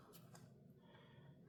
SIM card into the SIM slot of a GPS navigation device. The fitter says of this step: push it in you'll hear a little click and that's it